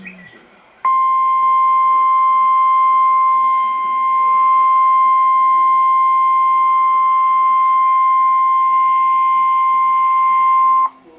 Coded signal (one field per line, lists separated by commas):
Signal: Emergency Alert System (SAME) tones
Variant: 1050 Hz attention tone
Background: speech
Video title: NOAA Weather Radio EAS Alert #366 (Tornado Warning with Confirmed Tornado)